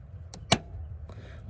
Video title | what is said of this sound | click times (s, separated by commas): How to change tail light bulbs on a 1990-1997 Mazda MX-5 Miata | to get the turn signal bulb out what you do is you grab onto this and turn it counterclockwise until it clicks and then | 0.5 s